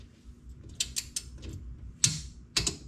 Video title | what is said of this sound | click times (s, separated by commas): Part 1 of 2 - Porsche 911 FRONT Brake Upgrade DIY GiroDisc Rotors Caliper Studs Ferodo Pads & More | There it is. That's the click for 10 foot-pounds. | 2.0 s, 2.6 s